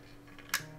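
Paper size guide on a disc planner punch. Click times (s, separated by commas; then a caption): 0.5 s. The adjustable paper-size guide on a disc planner hole punch is slid to a size setting. A couple of faint ticks sound as it moves, then a sharp, bright click at 0.5 s as it locks into its detent and seats in place.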